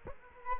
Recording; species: mosquito wingbeat signal from an infrared sensor; Culex quinquefasciatus